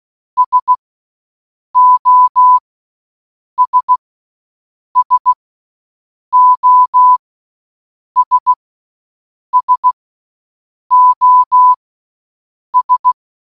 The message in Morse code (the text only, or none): SOS SOS SOS